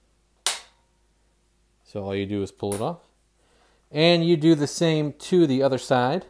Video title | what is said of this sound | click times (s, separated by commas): Amazon Basics Foldable Laundry Rack for Air Drying Clothing Review, So functional I have 2! Amazon B | as you can see snaps into place | 0.5 s